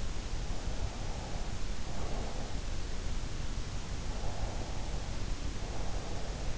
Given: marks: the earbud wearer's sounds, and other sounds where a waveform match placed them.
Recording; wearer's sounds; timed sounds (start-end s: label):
sounds in sleep by an in-ear microphone; breath
0.67-2.69 s: breath
4.12-6.58 s: breath